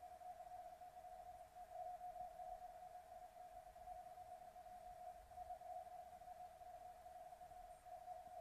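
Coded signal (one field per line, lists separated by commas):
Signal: RTTY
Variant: 50 baud, 85 Hz shift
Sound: continuous warbling tone around 700 Hz, rapidly shifting between two close pitches, under hiss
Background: radio static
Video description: Here´s a short video clip where I´m receiving marine weather forecast on LF issued by the german marine weather service DWD (Deutscher Wetterdienst).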